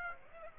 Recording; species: mosquito wingbeat signal from an infrared sensor; Aedes aegypti